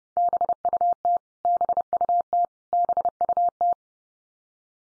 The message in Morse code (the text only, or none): BUT BUT BUT